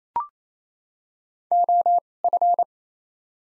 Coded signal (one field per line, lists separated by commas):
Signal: Morse code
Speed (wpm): 28 wpm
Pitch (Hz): 700 Hz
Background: none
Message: O F